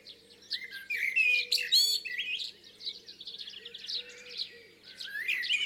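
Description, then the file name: Common blackbird singing warbled phrases with squeaky high notes, amid chirping from other birds and a low steady hum. "Turdus merula"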